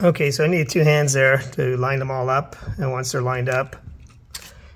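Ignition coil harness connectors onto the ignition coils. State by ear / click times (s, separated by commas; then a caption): seated / 4.4 s. Someone talks while lining up the plastic ignition coil harness connectors with both hands and then pushes them home onto the ignition coils of a 2016 Volkswagen Passat 1.8L Turbo. A short, sharp click is heard at 4.4 s as the connectors seat, and they are all in.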